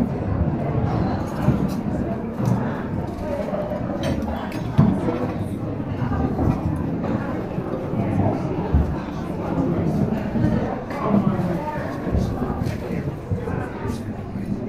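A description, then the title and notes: A soundproofed cafe filled with a dense, steady murmur of overlapping voices, low rumbling underneath, and occasional brief clinks and knocks throughout. SOUNDPROOFED CAFE • Low Frequency Speech Blocker.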